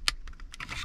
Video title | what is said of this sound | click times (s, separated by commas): FITCAMX installer dashcam RENAULT CLIO 4 | Voilà Donc vous le clipsez Là il est bien mis il y a pas de problème | 0.1 s